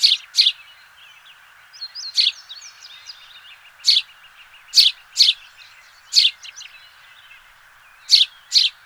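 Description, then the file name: House sparrow chirps: about nine sharp, bright chirps, often in pairs, spaced irregularly, over soft twittering. "Passer domesticus"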